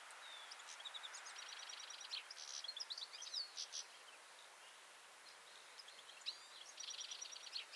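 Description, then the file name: European goldfinch song, a fast jumble of tinkling twitters and buzzy trills, high-pitched, with a longer pause in the middle, over a steady background hiss. "Carduelis carduelis"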